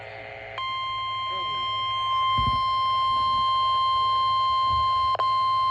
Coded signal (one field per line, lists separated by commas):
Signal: Emergency Alert System (SAME) tones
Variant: 1050 Hz attention tone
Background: speech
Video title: SVR #13 (EAS #23)